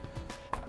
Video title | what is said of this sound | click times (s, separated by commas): LEGO Apollo 11 Saturn V - Awesome Toy Reviews - 008 | come out from the first stage it just pops out so it's just locking in with these little receptors | 0.5 s